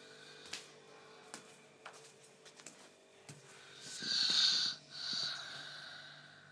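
Two hissing, whistling breath sounds after scattered clicks: an adult snoring during sleep at night in a small apartment in Salou. The snoring has happened every night for the last two weeks.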